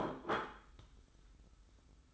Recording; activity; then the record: daily activity, microphone in the room; place plate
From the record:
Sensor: 3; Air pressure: 990.8 hPa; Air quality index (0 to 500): 145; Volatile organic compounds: 362 ppm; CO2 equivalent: 4606 ppm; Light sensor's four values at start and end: 36/84/34/32 and 22/48/20/20